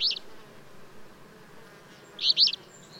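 Bird chirps: a short high chirp at the start and a pair of quick chirps near the end.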